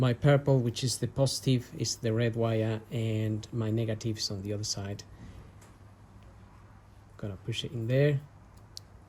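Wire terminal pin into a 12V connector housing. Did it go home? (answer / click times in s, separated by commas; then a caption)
yes / 8.8 s. A crimped wire terminal pin is pushed into a plastic 12V power connector housing for a Macna power cable on a 2023 Honda CB500X, used to power Macna heated clothing. Someone talks from the start to about 5 s and again near 7.2–8.2 s. A sharp click at 8.8 s marks the terminal locking into place, seated.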